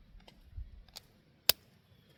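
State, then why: Not seated. A magazine is pushed into the grip of a 10mm 1911 pistol, into its magazine well, but does not lock fully home and fails to seat; nothing has seated or clicked yet. Faint light ticks at about 0.3 s and 1.0 s and a low rumble from about 0.5 to 0.8 s are followed by a single sharp, brief tick at 1.5 s, then quiet.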